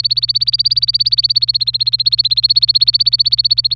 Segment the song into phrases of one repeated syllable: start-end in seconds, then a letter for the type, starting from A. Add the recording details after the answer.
0.00-3.74 A. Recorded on 26 April 2018 at 10:52. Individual llb3